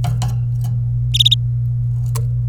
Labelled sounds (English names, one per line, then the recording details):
Domestic Canary song
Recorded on 26 April 2018 at 14:41
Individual llb3